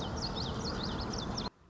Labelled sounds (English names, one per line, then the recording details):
Common Yellowthroat
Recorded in Sonoma County, California